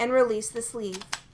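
Someone talks while handling a hex-shaped steel mandrel at the quick-disconnect sleeve on the tip of a KATO Hex Electric insert installation tool for Tangless and Helicoil inserts. A brief faint tap is heard near 1.1 s. The mandrel is not yet locked home, and nothing has seated or clicked yet.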